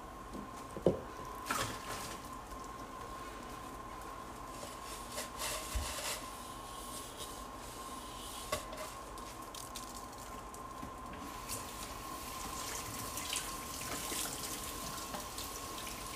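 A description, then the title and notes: A large bowl is washed and dried, with a steady low hiss and a faint constant whine running throughout. Sharp knocks and clinks break through now and then, strongest near the start and around eight seconds. Brighter rubbing and splashing build toward the end. ASMR Washing and Drying Large Bowl.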